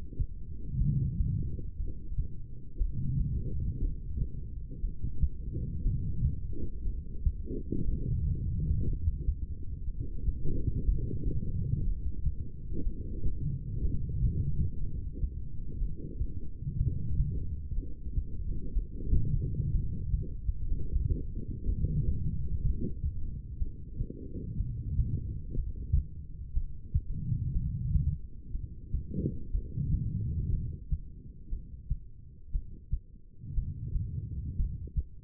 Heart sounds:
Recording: heart sounds by stethoscope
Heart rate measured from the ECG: 60 bpm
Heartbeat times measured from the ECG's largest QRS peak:
0.78 s: heartbeat
1.77 s: heartbeat
2.78 s: heartbeat
3.79 s: heartbeat
4.81 s: heartbeat
5.83 s: heartbeat
6.84 s: heartbeat
7.85 s: heartbeat
8.85 s: heartbeat
9.85 s: heartbeat
10.85 s: heartbeat
11.84 s: heartbeat
12.83 s: heartbeat
13.82 s: heartbeat
14.80 s: heartbeat
15.79 s: heartbeat
16.77 s: heartbeat
17.75 s: heartbeat
18.73 s: heartbeat
19.71 s: heartbeat
20.68 s: heartbeat
21.66 s: heartbeat
22.62 s: heartbeat
23.59 s: heartbeat
24.57 s: heartbeat
25.55 s: heartbeat
26.54 s: heartbeat
27.53 s: heartbeat
28.52 s: heartbeat
29.52 s: heartbeat
30.50 s: heartbeat
31.50 s: heartbeat
32.52 s: heartbeat
33.55 s: heartbeat
34.57 s: heartbeat
From the record:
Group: heart failure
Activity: light exercise 0-23 s, rest 23-35 s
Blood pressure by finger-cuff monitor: 71/53 mmHg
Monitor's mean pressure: 60 mmHg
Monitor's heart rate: 62 bpm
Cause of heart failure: non-ischemic cardiomyopathy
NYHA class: 1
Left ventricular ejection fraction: 52%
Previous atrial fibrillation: present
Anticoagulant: apixaban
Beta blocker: bisoprolol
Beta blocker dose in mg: 10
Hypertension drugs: sacubitril-valsartan, spironolactone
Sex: female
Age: 68 years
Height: 169 cm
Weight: 71 kg

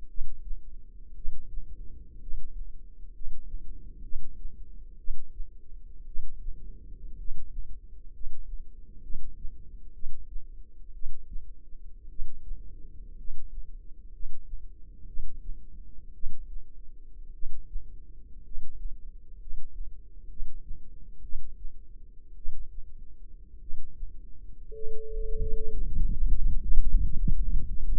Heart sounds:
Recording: heart sounds by microphone in the left ear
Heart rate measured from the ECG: 59 bpm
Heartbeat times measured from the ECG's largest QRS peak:
0.08 s: heartbeat
1.15 s: heartbeat
2.20 s: heartbeat
3.13 s: heartbeat
4.02 s: heartbeat
4.97 s: heartbeat
6.05 s: heartbeat
7.17 s: heartbeat
8.12 s: heartbeat
9.01 s: heartbeat
9.93 s: heartbeat
10.93 s: heartbeat
12.08 s: heartbeat
13.16 s: heartbeat
14.11 s: heartbeat
15.06 s: heartbeat
16.13 s: heartbeat
17.32 s: heartbeat
18.43 s: heartbeat
19.38 s: heartbeat
20.28 s: heartbeat
21.21 s: heartbeat
22.35 s: heartbeat
23.60 s: heartbeat
24.72 s: heartbeat
25.69 s: heartbeat
26.60 s: heartbeat
27.49 s: heartbeat
From the record:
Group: healthy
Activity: rest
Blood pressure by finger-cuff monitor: 149/65 mmHg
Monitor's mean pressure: 90 mmHg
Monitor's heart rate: 62 bpm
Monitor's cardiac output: 6.1 L/min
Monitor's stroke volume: 107 mL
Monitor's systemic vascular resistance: 1080 dyn s/cm5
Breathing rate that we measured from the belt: 11 breaths a minute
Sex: male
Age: 25 years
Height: 170 cm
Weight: 70.4 kg

